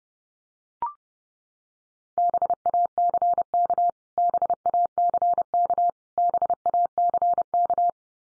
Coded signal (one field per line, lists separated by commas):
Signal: Morse code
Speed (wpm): 30 wpm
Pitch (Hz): 700 Hz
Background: none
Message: BACK BACK BACK